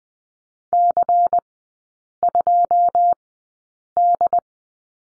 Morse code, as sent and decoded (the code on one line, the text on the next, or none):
-.-. ..--- -..
C2D